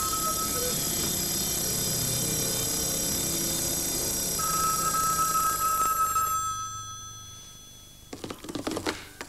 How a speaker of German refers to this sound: Und da erschien ein winziges Männlein, trat leicht geziert aus der Tür seines Hauses und da begrüßte ihn eine Kakophonie aus Klingen, Glocken, Bimmeln, Kuckucks und Gesang.